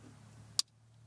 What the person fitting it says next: You want to hear that click so that way you know it's back in place.